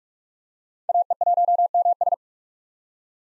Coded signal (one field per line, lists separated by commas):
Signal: Morse code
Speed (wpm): 42 wpm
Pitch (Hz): 700 Hz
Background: none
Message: AE1MS